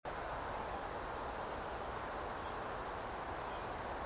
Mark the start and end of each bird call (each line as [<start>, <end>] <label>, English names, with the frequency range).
[2.37, 2.53] Tree Pipit (5.1-7.4 kHz)
[3.44, 3.64] Tree Pipit (5.0-7.2 kHz)